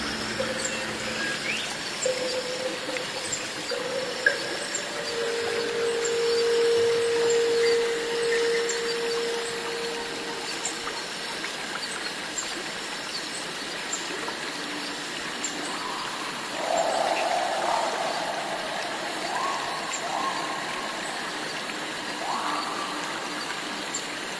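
Cicadas drone steadily in the rainforest, a bright constant hiss overhead, with a lower whining tone midway and buzzing calls near the end.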